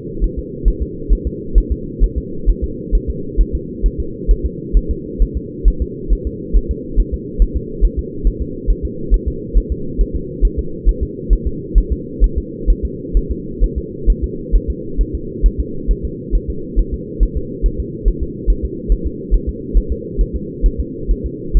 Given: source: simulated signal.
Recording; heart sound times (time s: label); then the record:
fetal heart sounds
0.24 s: S1
0.39 s: S2
0.68 s: S1
0.82 s: S2
1.13 s: S1
1.27 s: S2
1.58 s: S1
1.72 s: S2
2.04 s: S1
2.18 s: S2
2.50 s: S1
2.64 s: S2
2.95 s: S1
3.10 s: S2
3.41 s: S1
3.55 s: S2
3.86 s: S1
4.00 s: S2
4.31 s: S1
4.46 s: S2
4.77 s: S1
4.91 s: S2
5.22 s: S1
5.37 s: S2
5.68 s: S1
5.82 s: S2
6.13 s: S1
6.27 s: S2
6.56 s: S1
6.71 s: S2
7.00 s: S1
7.14 s: S2
7.42 s: S1
7.56 s: S2
7.85 s: S1
7.99 s: S2
8.27 s: S1
8.42 s: S2
8.70 s: S1
8.85 s: S2
9.14 s: S1
9.28 s: S2
9.58 s: S1
9.72 s: S2
10.01 s: S1
10.16 s: S2
10.45 s: S1
10.59 s: S2
10.89 s: S1
11.03 s: S2
11.33 s: S1
11.47 s: S2
11.78 s: S1
11.92 s: S2
12.24 s: S1
12.38 s: S2
12.70 s: S1
12.85 s: S2
13.17 s: S1
13.31 s: S2
13.64 s: S1
13.78 s: S2
14.10 s: S1
14.24 s: S2
14.55 s: S1
14.70 s: S2
15.01 s: S1
15.15 s: S2
15.46 s: S1
15.60 s: S2
15.91 s: S1
16.05 s: S2
16.35 s: S1
16.50 s: S2
16.79 s: S1
16.94 s: S2
17.23 s: S1
17.37 s: S2
17.66 s: S1
17.80 s: S2
18.08 s: S1
18.23 s: S2
18.50 s: S1
18.65 s: S2
18.92 s: S1
19.07 s: S2
19.34 s: S1
19.49 s: S2
19.77 s: S1
19.92 s: S2
20.21 s: S1
20.36 s: S2
20.66 s: S1
20.80 s: S2
21.11 s: S1
21.26 s: S2
21.57 s: S1
From the record:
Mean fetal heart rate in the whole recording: 135 bpm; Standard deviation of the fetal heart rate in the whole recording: 3 bpm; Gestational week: 36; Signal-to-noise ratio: -4.3 dB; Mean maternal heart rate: 72 bpm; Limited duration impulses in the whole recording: absent